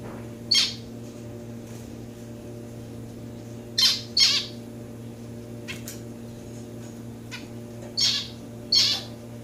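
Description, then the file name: Society finch calls: short, harsh chip notes given singly and in pairs over a steady low hum. Pet domestic finches recorded while the owner plays with them. "playing with my finches"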